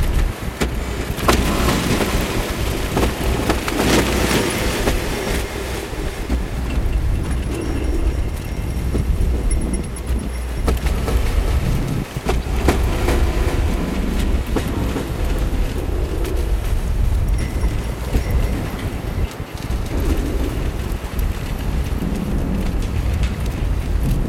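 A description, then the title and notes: Wind roars steadily around a greenhouse, a dense low rumble that never lets up. Sharp bangs and knocks break through irregularly, clustered near the start and again around the middle, with thin rattling and faint whistling tones above. The Green House is made of polycarbonate. Makes interesting banging noises when it's windy.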